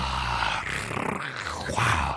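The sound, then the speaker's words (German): A sound effects artist imitates a male African steppe lion's roar, one loud, sustained, gravelly growl lasting about two seconds, deep and rumbling with a rough, breathy edge, swelling slightly toward the end. “Das war ein afrikanischer, die afrikanische, aber nicht Busch, Löwe.”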